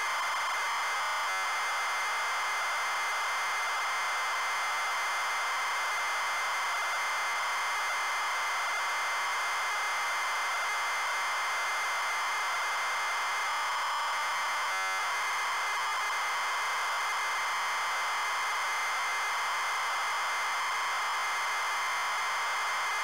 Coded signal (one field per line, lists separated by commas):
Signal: ZX Spectrum tape loading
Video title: Bombjack - Zx Spectrum (Loading & Gameplay)